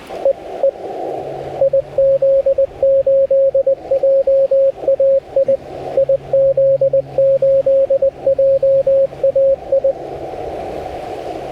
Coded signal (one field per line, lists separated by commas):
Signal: Morse code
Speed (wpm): 16 wpm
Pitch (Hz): 550 Hz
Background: radio noise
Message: EE IZ8JAI IZ8JAI